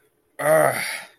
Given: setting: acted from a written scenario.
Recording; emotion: vocal sound without words; anger